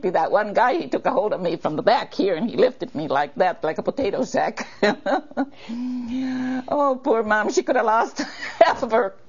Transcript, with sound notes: That one guy - he took a hold of me from the back here and he lifted me like that - like a potato sack. (laughs) Oh poor mom, she could've half of her